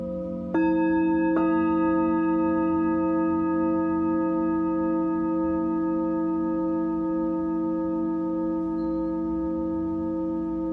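A singing bowl for sound healing is struck twice, near the start and again just before the second mark, and its low, rich tone rings on steadily for the rest of the clip. Clear overtones shimmer above the humming fundamental, which barely fades.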